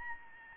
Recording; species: mosquito wingbeat signal from an infrared sensor; Aedes albopictus